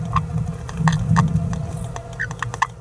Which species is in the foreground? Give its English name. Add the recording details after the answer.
Green-rumped Parrotlet. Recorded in a nest box in Venezuela. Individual 18B17A3